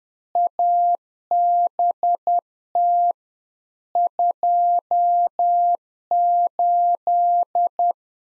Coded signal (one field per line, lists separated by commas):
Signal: Morse code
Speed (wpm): 10 wpm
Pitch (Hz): 700 Hz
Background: none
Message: ABT 28